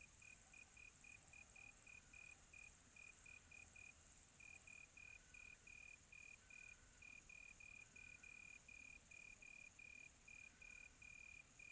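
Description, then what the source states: Cricket chirping in clear short pulses, a fast steady rhythm broken by brief pauses, over a faint continuous high hiss. Quiet tropical night.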